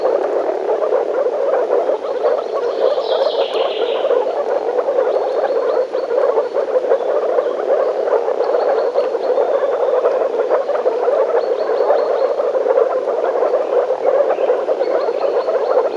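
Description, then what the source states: Frogs keep up a dense croaking chorus, with short repeated high chirps every few seconds and one brief high call early. Frogs in a forest.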